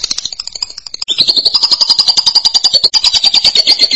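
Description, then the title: Lovebird giving fast, shrill chatter: a few scratchy notes, then a dense, continuous stream of high buzzy pulses. "BM Suara Burung Lovebird"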